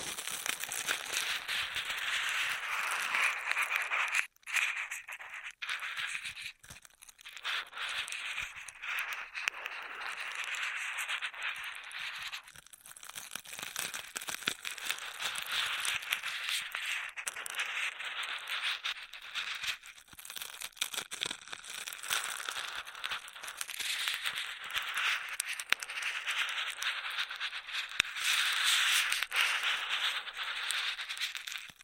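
Straws rattle and crackle nonstop in dense, bright clusters with brief dips near five and twelve seconds, sharp pops scattered throughout.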